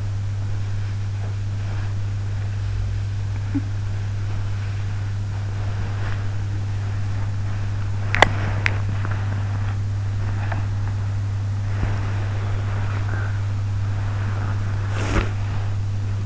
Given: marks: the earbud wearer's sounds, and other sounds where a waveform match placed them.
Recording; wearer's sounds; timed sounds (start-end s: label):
sounds in sleep by an in-ear microphone; body movement, teeth grinding
0.00-16.26 s: body movement
8.13-8.77 s: teeth grinding